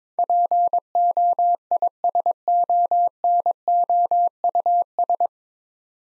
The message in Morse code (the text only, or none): POISONOUS